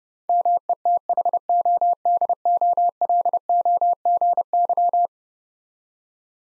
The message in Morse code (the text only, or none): METHODOLOGY